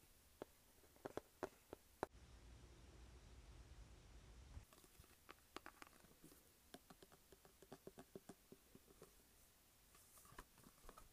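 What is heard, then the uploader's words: Sharp, dry taps and clicks on a plastic case come in irregular bursts, clustering thickly after the middle, with a low rumble between two and four seconds. Tapping and Scratching Plastic Case.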